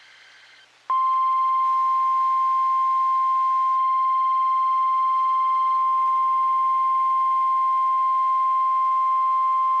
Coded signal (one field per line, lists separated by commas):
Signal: Emergency Alert System (SAME) tones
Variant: 1050 Hz attention tone